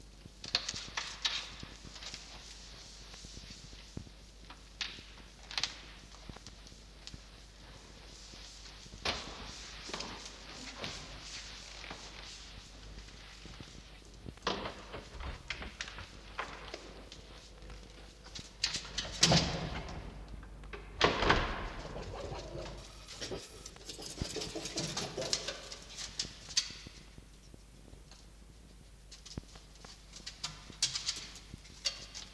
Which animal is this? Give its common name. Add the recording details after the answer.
Red Fox. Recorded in captivity. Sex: female. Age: diverse. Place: Zoologisches Institut der HUB, Berlin, DE. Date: 1953-04-25 20:15. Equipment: Elmetra. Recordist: Tembrock, Günter. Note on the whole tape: Fiffi-Welpen, (Fanny): Bellen; Fiffi: Muffen (ohne Fleisch)